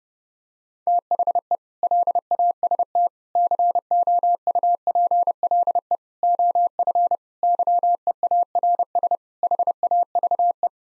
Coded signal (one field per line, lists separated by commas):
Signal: Morse code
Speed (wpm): 30 wpm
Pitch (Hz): 700 Hz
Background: none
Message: THE LAST COUPLE OF YEARS HAVE